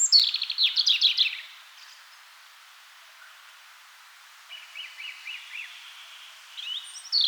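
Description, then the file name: European robin song: a short, rapid, high twittering phrase at the start, soft repeated notes in the second half, then a brief thin whistled fragment at the end. "Erithacus rubecula"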